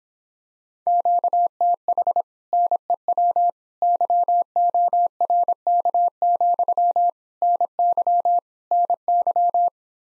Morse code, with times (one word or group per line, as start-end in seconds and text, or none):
0.9-2.2 QTH
2.5-3.5 NEW
3.8-7.1 YORK,
7.4-8.4 NY
8.7-9.7 NY